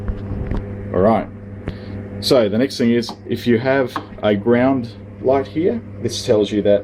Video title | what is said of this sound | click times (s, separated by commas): Delonghi Kaffeevollautomat | the machine will actually locate it properly for you slide and gently and then it'll click into place | 0.5 s